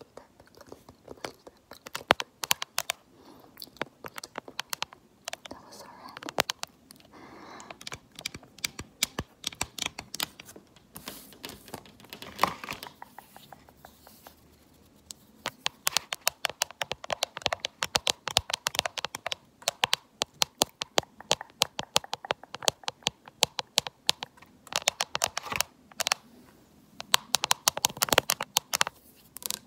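Fingernails tap quickly and hard in dense, irregular bursts of sharp clicks. The tapping is sparser and softer around the twelve to fifteen second mark, then returns faster and louder through the rest, with clattery, keyboard-like rattles throughout.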